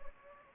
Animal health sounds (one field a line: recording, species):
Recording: mosquito wingbeat signal from an infrared sensor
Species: Anopheles gambiae